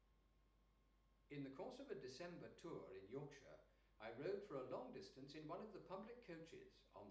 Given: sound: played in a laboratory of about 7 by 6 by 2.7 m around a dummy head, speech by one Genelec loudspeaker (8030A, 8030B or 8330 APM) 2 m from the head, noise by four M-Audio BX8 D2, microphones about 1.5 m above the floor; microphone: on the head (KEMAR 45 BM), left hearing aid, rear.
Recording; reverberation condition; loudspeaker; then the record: male speech in English; medium; 60 degrees to the left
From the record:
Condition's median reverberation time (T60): about 510 ms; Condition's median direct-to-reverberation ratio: about -0.5 dB